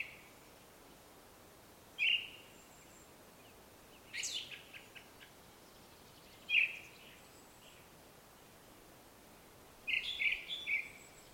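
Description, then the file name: Ring ouzel song, sparse and spaced: loud piping notes with a scratchy burst between them, then a quick run of several clear notes near the end. Song recorded in Slovakia with an Olympus LS-11 portable recorder. "Turdus Torquatus Song Slovakia"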